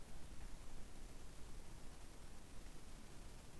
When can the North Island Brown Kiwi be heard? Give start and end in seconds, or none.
none